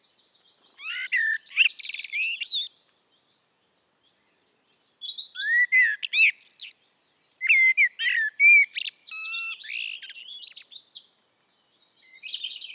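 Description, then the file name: Common blackbird song: several bursts of high, scratchy twittering phrases separated by short pauses, with occasional lower whistled notes among them. "Turdus merula"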